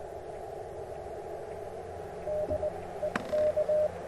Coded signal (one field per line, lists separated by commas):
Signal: Morse code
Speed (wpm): 22 wpm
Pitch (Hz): 610 Hz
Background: radio noise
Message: D EK